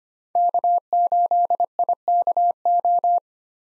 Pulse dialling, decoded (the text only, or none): none